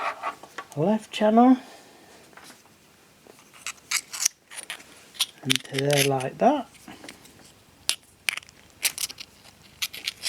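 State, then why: Seated. A male XLR cable plug is pushed into the female XLR socket for the left audio channel from the mixer while someone talks. The latch engages with a sharp, hefty click at 7.9 seconds, and the plug is seated.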